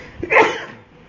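A single sharp sneeze: a quick catch of breath, then one loud, breathy burst that fades into a soft hiss. No one speaks.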